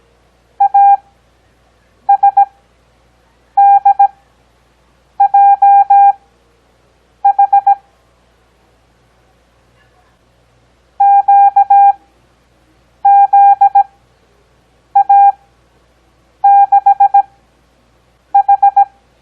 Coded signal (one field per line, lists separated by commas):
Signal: Morse code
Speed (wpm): 17 wpm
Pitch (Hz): 800 Hz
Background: none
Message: ASDJH QZA6H